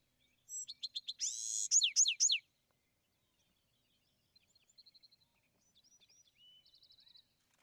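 Bewick's wren song: a few introductory notes lead into a buzzy burst and quick downslurred whistles, then faint high trills and warbles.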